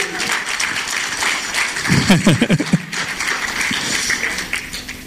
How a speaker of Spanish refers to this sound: Un aplauso al Señor por eso, hermano.